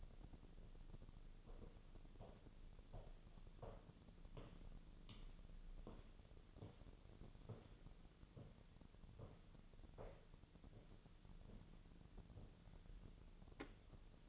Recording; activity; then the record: daily activity, microphone in the room; walk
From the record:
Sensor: 4